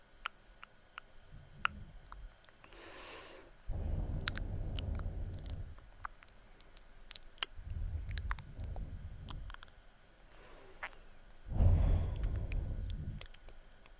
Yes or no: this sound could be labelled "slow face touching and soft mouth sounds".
yes